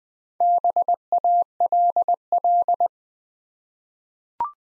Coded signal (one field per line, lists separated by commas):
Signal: Morse code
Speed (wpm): 20 wpm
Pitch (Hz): 700 Hz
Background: none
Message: BALL